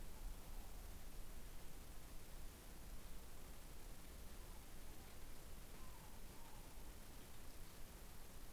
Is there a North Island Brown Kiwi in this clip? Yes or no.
no